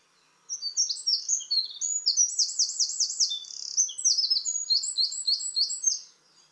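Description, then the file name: Eurasian wren song: a loud, rapid outpouring of high, sharp notes and fast rattling trills lasting nearly six seconds, with no other sounds. "Troglodytes troglodytes"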